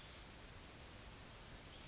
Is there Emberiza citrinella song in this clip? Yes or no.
no